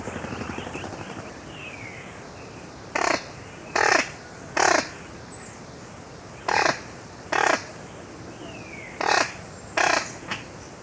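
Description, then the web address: Plate-billed mountain toucan giving short, harsh, noisy calls in pairs or threes at irregular intervals, over a steady background hiss with a faint high insect-like drone. Ecuador. "Birds of Ecuador. Plate-billed Mountain-Toucan"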